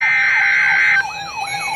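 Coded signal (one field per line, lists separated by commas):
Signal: Emergency Alert System (SAME) tones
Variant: header bursts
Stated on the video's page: Special marine warning received from NOAA weather radio station KEC60 Milwaukee, Wisconsin.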